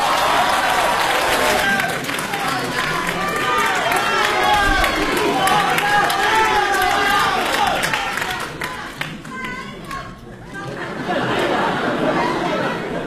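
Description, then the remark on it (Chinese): A theater audience at a live crosstalk (xiangsheng) performance applauds loudly as the performers take the stage, a dense, steady wash of clapping mixed with cheering and shouting voices; it dips briefly near the end, then swells back up. “一上来您就报以热烈的掌声。”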